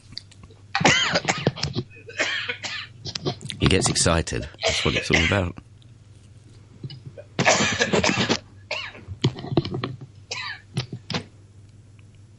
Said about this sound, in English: Sorry, still coughing away here.